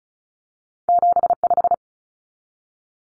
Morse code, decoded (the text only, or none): 75